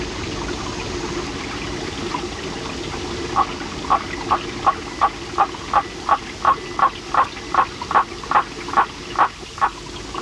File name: Litoria nannotis